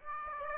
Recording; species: mosquito wingbeat signal from an infrared sensor; Aedes aegypti